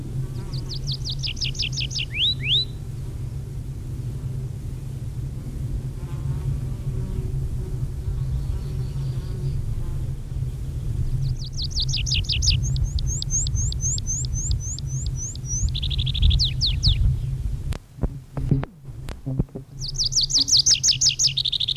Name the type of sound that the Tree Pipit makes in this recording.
song